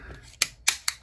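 After the slide is put back on the pistol frame, the steel takedown lever is rotated into its locked position with a loud, sharp snap at 0.4 s, completing reassembly. Two more brief, sharp clicks follow at 0.7 s and 0.9 s over a quiet, low background.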